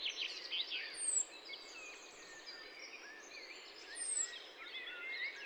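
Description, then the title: Birds singing: high thin whistles and short chirps scattered through a steady hiss of background noise. Spring birds recorded near Massignieu-de-Rives, France; Tascam DAP-1 recorder with Télingua microphone. "147 Route de la Tuilerie, Massignieu-de-Rives, France - chien en laisse au loin et oiseaux de printemps."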